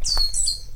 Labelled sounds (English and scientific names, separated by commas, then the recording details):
Stitchbird (Notiomystis cincta) song
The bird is a male
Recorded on Tiritiri Matangi Island, New Zealand, in 2005
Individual 22, of nest box 31